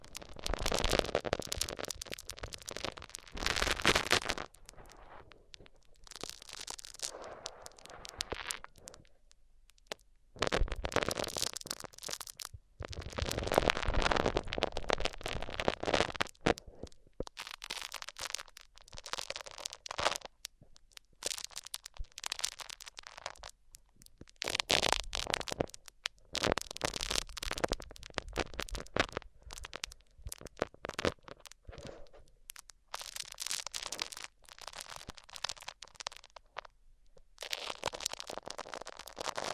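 Microphones rub against surfaces in bursts of scratchy, crackling friction noise, some strokes lasting seconds, separated by brief near-silent pauses throughout.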